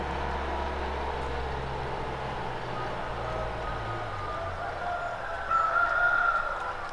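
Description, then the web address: Chicken: a rooster gives a drawn-out crow near the end over a steady low rumble. Cockerel at dawn in the village of Bonito, rural South America. "BBC Sound Effects Library BBC 58-Rural South America 07 Village Bonito Dawn With Cockerel"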